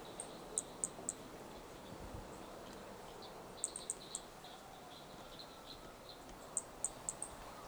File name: Brachy hermogenesi Picinguaba specimen one several starting notes lost without interruption